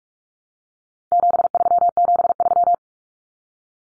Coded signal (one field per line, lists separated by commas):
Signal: Morse code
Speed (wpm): 44 wpm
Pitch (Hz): 700 Hz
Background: none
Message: 7373